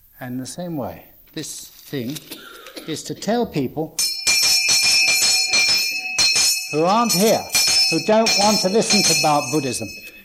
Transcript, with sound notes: and in the same way this thing is to tell people (bell rings) who aren’t here who don’t want to listen about Buddhism.